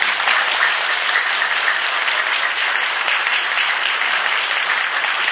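Sustained applause from a crowd at a two-day Buddhist retreat in the Sacramento area, given for the organizers, a dense, steady wash of many hands clapping at an even loudness throughout, with no talking over it.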